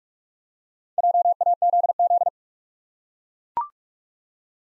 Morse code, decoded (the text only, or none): JAZZ